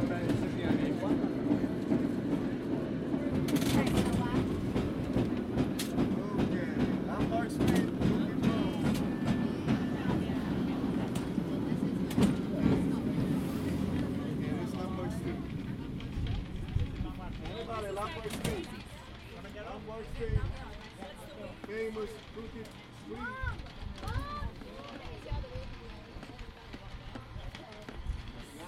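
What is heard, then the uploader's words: A ride aboard a cable car, with a dense low rumble and rattle of the car running steadily for the first half before easing off around eighteen seconds. Voices chatter throughout, and short squeals and clanks rise over the quieter stretch near the end. Cable Car Soundscape: Riding through San Francisco. In this field recording, you'll hear the rumble of the tracks, the clang of the bell, and the murmur of fellow passengers as you ride through the streets of this iconic city.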